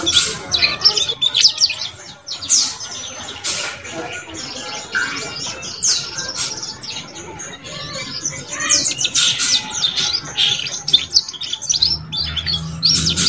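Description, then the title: Belgian canary song, busy stream of sharp high chirps and clicks, dense at the start and end with a quieter stretch between, faint low hum near the end. Belgian canary song used to warm up and stimulate young canaries to start singing and chirping quickly. "Canto Para Esquentar Canário Belga. SUARA KENARI PAUD CUIT CUIT BELAJAR BUNYI - pancingan kenari paud muda agar cepat bunyi dan ngeriwik"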